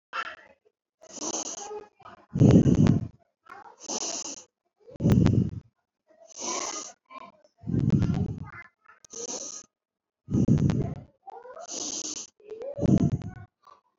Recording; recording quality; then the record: deep breathing; excellent, no background noise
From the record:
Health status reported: recovered from COVID-19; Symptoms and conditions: cough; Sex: female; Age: 27 years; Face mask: not worn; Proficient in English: yes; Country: India